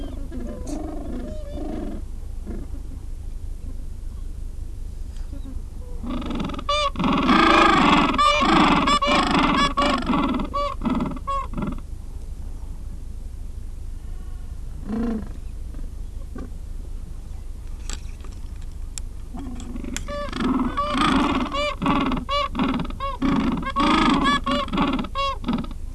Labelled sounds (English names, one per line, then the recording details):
Gentoo Penguin
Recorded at the colony at Moot Point, Antarctica, on 3 January 2015
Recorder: Song Meter SM2+